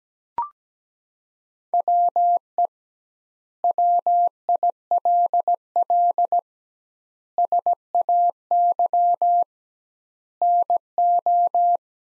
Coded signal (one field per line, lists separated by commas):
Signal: Morse code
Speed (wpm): 17 wpm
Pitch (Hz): 700 Hz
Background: none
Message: WE WILL SAY NO